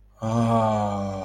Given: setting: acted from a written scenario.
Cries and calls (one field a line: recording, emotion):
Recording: vocal sound without words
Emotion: awe